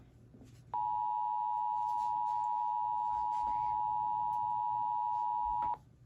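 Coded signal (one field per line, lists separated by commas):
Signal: Emergency Alert System (SAME) tones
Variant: 853 and 960 Hz attention tone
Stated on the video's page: Flash flood warning from LWX.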